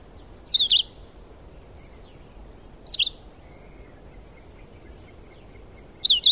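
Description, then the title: Red-eyed vireo gives short whistled phrases that sweep up and down, three in total with pauses of two to three seconds, and quiet twittering in the background. Subspecies Vireo olivaceus chivi. "LuckyPassaro Completos2Sama. Red-eyed Vireo (Vireo olivaceus chivi)"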